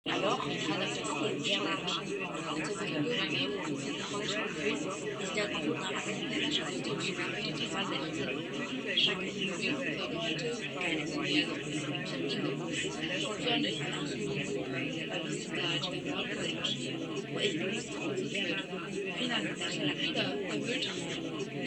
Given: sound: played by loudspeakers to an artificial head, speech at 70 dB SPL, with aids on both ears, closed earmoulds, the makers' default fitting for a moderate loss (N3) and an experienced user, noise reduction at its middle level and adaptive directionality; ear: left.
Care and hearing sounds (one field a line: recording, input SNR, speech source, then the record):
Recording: speech test signal (ISTS) in cocktail-party noise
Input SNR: -6 dB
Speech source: on the right (90 degrees)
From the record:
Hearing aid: class 1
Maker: C